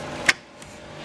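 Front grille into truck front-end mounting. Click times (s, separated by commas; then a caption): 0.3 s. A front grille is pressed back onto the front end of a 2015–17 Chevy Silverado 2500/3500 truck after its locating peg is lined up. It seats with one sharp snap at 0.3 s, followed by a much fainter tick at 0.6 s over low background noise. The grille clip is confirmed seated.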